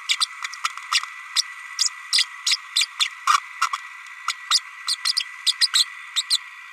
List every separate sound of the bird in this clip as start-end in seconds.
0.09-0.16, 0.20-0.26, 0.64-0.69, 0.91-1.00, 1.35-1.43, 1.78-1.89, 2.12-2.25, 2.46-2.56, 2.75-2.86, 2.99-3.08, 3.27-3.38, 3.61-3.67, 3.73-3.77, 4.27-4.33, 4.50-4.60, 4.87-4.96, 5.05-5.12, 5.16-5.25, 5.46-5.53, 5.60-5.67, 5.73-5.84, 6.15-6.22, 6.30-6.37